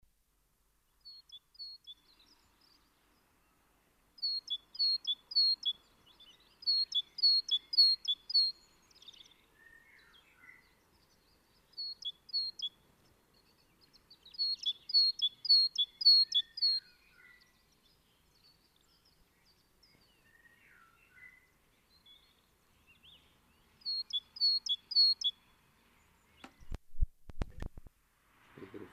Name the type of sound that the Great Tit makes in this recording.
song